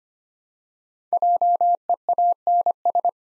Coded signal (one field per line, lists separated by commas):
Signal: Morse code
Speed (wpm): 25 wpm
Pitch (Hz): 700 Hz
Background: none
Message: JEANS